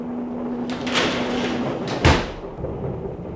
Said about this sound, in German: Machen Sie die Tür zu.